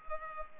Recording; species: mosquito wingbeat signal from an infrared sensor; Culex pipiens